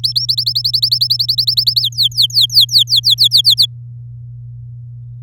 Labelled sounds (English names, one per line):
Domestic Canary song